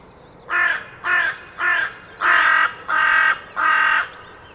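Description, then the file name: Carrion crow giving six loud, harsh caws at a steady pace of roughly one every 0.7 seconds, the later ones longer and fuller. "Corvus corone"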